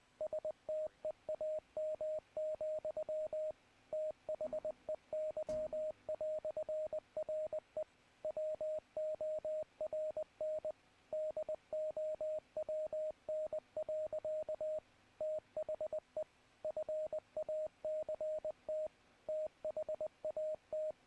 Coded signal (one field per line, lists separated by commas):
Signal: Morse code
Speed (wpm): 20 wpm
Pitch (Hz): 620 Hz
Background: radio noise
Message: STEAM, THEY"RE WORN DOWN. THE FACT THAT